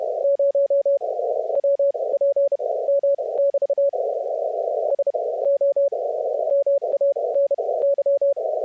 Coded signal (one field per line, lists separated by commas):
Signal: Morse code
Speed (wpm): 33 wpm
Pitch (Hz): 560 Hz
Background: none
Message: 0WPM <BT> SO MANY